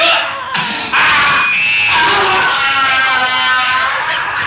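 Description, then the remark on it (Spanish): A black cat lets out a loud, agonized shriek as it lunges at a man's face: a sustained, high, wavering yowl that strains and warbles for several seconds, briefly breaking at the start before swelling again. “una especie de alarido agónico, se abalanzó, no contra Hutchison como yo esperaba, sino contra el rostro del guía”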